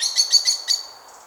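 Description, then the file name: Eurasian blackbird calls, a quick series of sharp high chinking notes, about five in under a second, then fading quiet. "Turdus merula"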